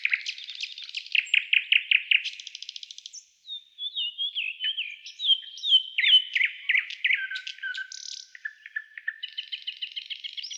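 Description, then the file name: Nightingale song, opening with a series of repeated notes, then varied slurred whistled phrases and a final rapid series of repeated notes. Song type described as a trill. "Solovey- Trel"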